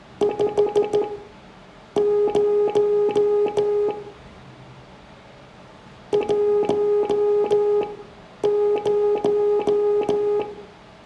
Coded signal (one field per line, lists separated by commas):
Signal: Morse code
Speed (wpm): 14 wpm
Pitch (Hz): 410 Hz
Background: none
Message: 5 0 10